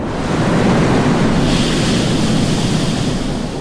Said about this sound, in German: Gigantische Massen, wenn das braune Wasser unter ohrenbetäubendem Lärm aus den Schleusen des Xialangdi-Staudamms in China schießt